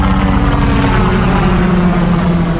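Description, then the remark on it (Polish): A military helicopter of the 3rd SLTR from Powidz, sent to mountain duty for the Tatra rescue service TOPR, flies past with a steady, loud rotor drone and deep low-pitched engine rumble that stays constant throughout, with no voices. “W związku z awarią śmigłowca Tatrzańskiego Ochotniczego Pogotowia Ratunkowego w trybie natychmiastowym do pełnienia dyżurów w górach skierowany został śmigłowiec 3 SLTR z Powidza.”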